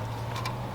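A spark plug wire boot is pushed onto the spark plug on a 2000-2006 Chevy Suburban, and it snaps on at 0.5 s. A short, bright click stands out over a steady low hum and is confirmed as seated.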